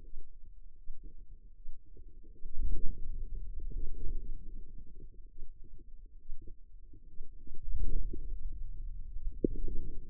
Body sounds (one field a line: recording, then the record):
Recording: forearm muscle sounds (acoustic myography)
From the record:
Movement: pen grasping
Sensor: system 2, bracelet of six BSWA MPA416 microphones around the upper forearm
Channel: 5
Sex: female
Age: 25 years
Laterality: right